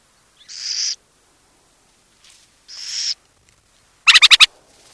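Burrowing owl producing two drawn-out raspy hisses followed by a rapid series of four or five clipped chattering notes.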